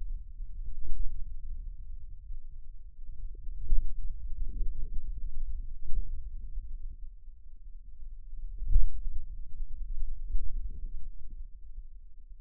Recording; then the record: forearm muscle sounds (acoustic myography)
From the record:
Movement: hand closing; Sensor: system 2, bracelet of six BSWA MPA416 microphones around the upper forearm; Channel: 1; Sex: male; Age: 22 years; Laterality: right